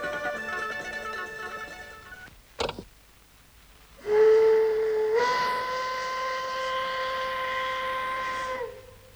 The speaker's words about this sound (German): Dieser Dampflokpfiff wurde vor genau 30 Jahren, 1956, aufgenommen. Die gute alte Eisenbahn.